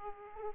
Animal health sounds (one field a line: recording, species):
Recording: mosquito wingbeat signal from an infrared sensor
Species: Aedes aegypti